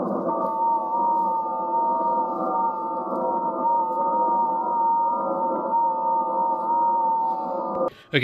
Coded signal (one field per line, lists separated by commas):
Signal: FT8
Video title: after 3 hrs. ftdx3000 ham radio ft8 works.